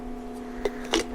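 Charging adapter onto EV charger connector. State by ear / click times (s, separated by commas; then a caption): seated / 0.9 s. A J1772-to-Tesla charging adapter is fitted onto the plug of an apartment slow EV charger, used for a Tesla Model 3. A softer knock at 0.6 s is followed by a sharp snap at 0.9 s as the adapter seats onto the charger plug, over a steady electrical hum.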